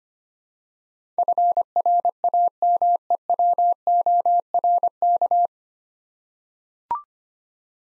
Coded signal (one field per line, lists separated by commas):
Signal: Morse code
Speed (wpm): 25 wpm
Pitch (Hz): 700 Hz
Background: none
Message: FRAMEWORK